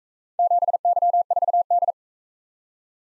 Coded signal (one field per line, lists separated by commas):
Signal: Morse code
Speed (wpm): 44 wpm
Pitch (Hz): 700 Hz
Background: none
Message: 7Y4D